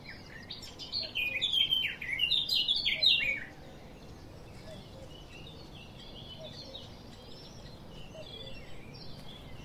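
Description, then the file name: Eurasian blackcap song: one warbled phrase of quick fluty and scratchy notes lasting about two and a half seconds, then only faint background bird notes. "Sylvia atricapilla"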